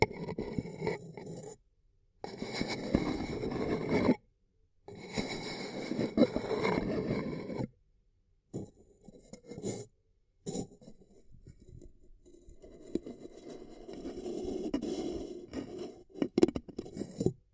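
Ear cupping sounds come as muffled, rubbing swells, each lasting a second or two, separated by abrupt silent gaps. The sound is low and dense with faint scraping texture on top, growing sparser and softer in the middle before a longer muffled stretch near the end.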